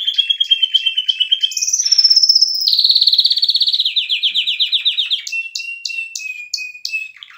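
Canary song made of several fast trilled tours, high rolls and descending rattles, ending in evenly spaced whistled notes.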